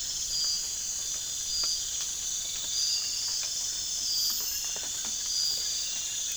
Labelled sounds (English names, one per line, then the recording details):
none
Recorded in pastures near Puerto Asís, Putumayo, Colombia, on 25 June 2025 at 03:00
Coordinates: 0.466, -76.322
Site GP07